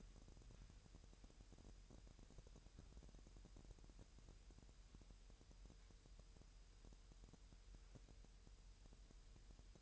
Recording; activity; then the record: daily activity, microphone in the room; wipe stove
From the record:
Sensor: 2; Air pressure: 1000.8 hPa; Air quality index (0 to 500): 248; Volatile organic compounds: 98 ppm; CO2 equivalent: 3744 ppm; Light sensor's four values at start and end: 9/22/9/9 and 9/22/9/9